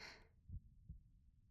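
After a brief soft hiss, a single pair of dull, low thumps sounds close together, like one lub-dub of an adult's heartbeat heard with an ear against the chest. A calm, ordinary heartbeat.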